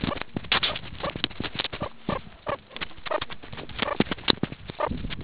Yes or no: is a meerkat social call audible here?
no